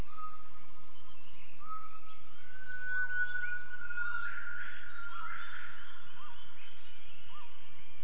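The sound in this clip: Gibbon calls: drawn-out level whistled tones at first, then short arched hoots repeated roughly once a second, over a steady background hiss.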